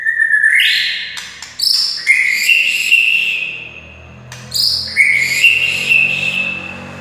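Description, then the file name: White-rumped shama song: long clear whistled notes that step upward, in two loud phrases separated by a quieter pause. Wild white-rumped shama (murai hutan). "suara murai hutan asli"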